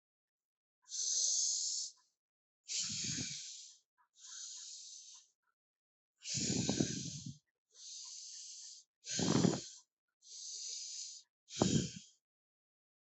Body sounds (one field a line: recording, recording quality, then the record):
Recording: deep breathing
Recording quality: excellent, no background noise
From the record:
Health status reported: healthy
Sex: male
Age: 30 years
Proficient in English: yes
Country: India